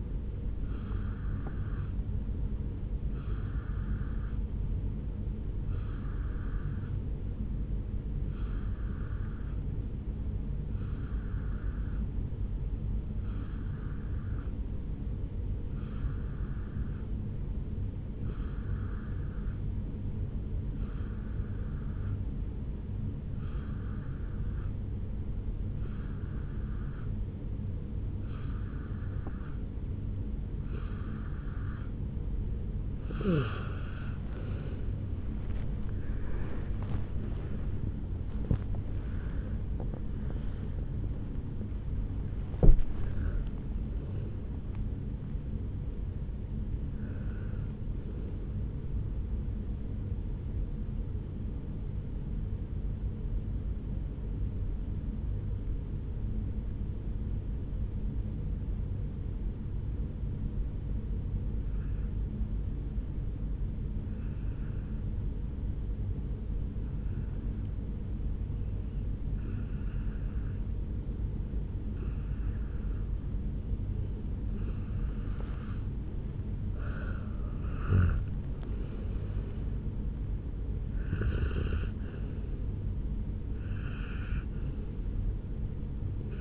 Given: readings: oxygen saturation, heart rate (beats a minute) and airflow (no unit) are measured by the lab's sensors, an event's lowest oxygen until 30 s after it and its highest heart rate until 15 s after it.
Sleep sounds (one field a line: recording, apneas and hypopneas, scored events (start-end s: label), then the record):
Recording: breathing in sleep by a smartphone at the bedside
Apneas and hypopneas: 1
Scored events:
42.00-86.41 s: new sleep stage, N1 (lightest sleep)
55.00-75.90 s: hypopnea (N1, oxygen 96% highest, then 90% lowest, heart rate 58 at the start, 74 highest)
From the record:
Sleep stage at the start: N2 (light sleep)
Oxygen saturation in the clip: 88 to 96%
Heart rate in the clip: 58 to 77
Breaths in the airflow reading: 23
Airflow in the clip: -15.1 to 9.0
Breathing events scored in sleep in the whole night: 449 in 7.0 hours asleep